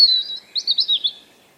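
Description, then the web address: European robin singing: a thin, steady high note, then a quick run of warbled, slurred notes that fades away. "Deverinetal 2025 File origin Bird Only Er Ru"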